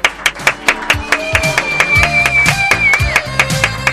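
A crowd applauds in a steady, rhythmic beat of sharp claps, about four per second, joined midway by a sustained high whistling tone and low thumping underneath. No one speaks.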